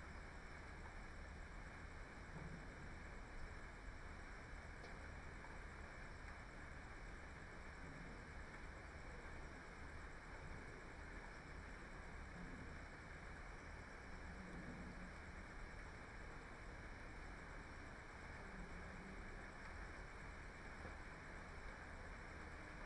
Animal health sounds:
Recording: poultry house recording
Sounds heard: healthy chickens

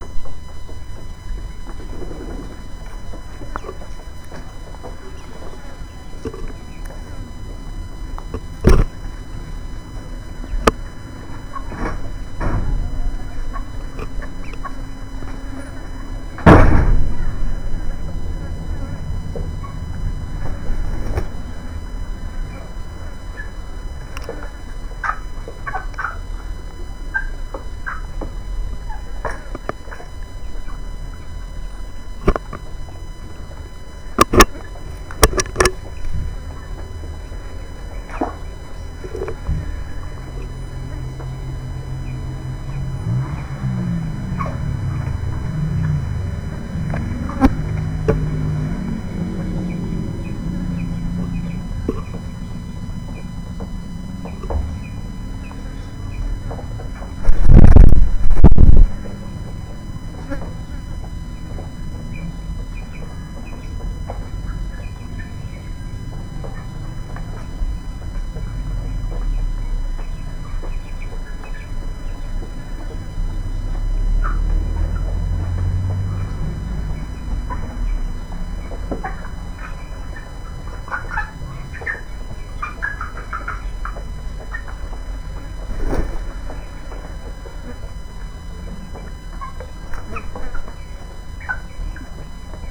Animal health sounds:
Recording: poultry house recording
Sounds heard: background noise or bird activity such as feeding and pecking

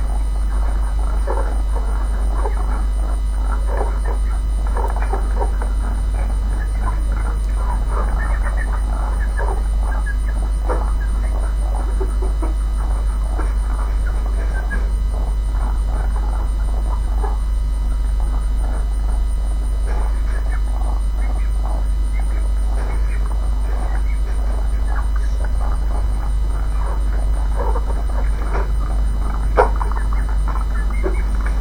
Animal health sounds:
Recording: poultry house recording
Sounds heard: sick chickens (respiratory disease)

